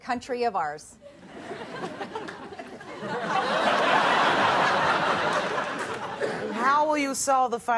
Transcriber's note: soundbite of audience laughter